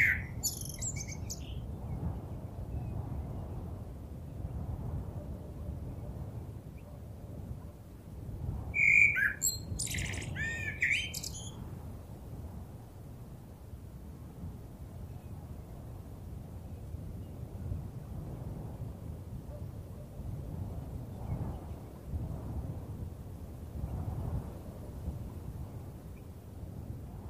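A blackbird sings in short bursts over a constant, heavy rumble of wind that rises and falls in gusts throughout. A brief phrase opens the recording, then a brighter, busier run of notes comes around nine to twelve seconds, followed by only wind.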